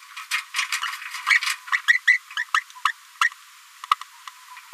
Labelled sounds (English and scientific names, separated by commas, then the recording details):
Green-rumped Parrotlet (Forpus passerinus) babbling
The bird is a female
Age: 28 days
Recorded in a nest box in Venezuela
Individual 17B73B4